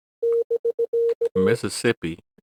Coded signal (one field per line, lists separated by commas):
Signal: Morse code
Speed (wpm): 17 wpm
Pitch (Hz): 460 Hz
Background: speech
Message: <BK>E